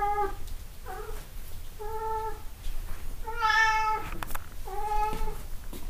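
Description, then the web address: Cat meowing, a series of steady harmonic meows, about five in six seconds, one louder and richer in the middle, over a low background rumble. Recorded 26 April 2008. "cat cat 20080426"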